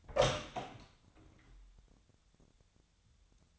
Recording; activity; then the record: daily activity, microphone in the room; open door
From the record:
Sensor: 3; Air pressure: 1007.6 hPa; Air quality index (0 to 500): 195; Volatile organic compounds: 15 ppm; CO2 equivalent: 2505 ppm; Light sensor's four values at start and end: 12/29/12/12 and 12/29/12/12